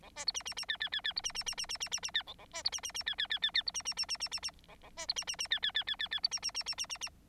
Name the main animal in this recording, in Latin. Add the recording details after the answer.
Lonchura striata domestica. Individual Bird9